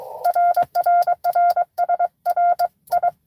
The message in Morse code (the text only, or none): RRR SRI